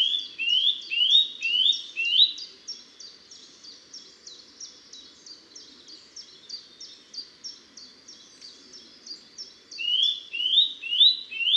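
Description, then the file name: Eurasian nuthatch calls: short bursts of rising whistled notes at the beginning and end, over a steady, rapid series of high chirping notes. "Sitta europaea"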